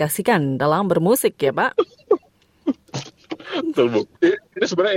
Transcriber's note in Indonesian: tertawa